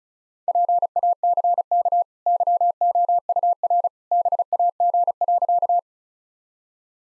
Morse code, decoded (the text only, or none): PACK YOUR BAG.